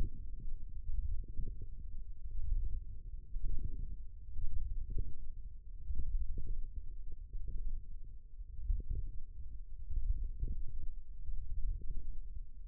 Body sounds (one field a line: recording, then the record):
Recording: forearm muscle sounds (acoustic myography)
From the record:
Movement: radial deviation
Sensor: system 1, eight BSWA MPA416 microphones around the upper forearm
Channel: 3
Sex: female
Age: 21 years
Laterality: right